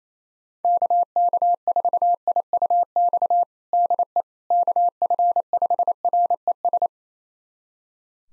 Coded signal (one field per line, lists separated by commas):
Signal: Morse code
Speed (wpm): 28 wpm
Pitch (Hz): 700 Hz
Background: none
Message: KK4IUX DE KF5RES